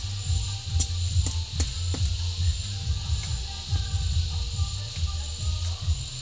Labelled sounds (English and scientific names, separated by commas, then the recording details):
none
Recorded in pastures near Puerto Asís, Putumayo, Colombia, on 22 December 2024 at 09:00
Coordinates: 0.496, -76.326
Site G004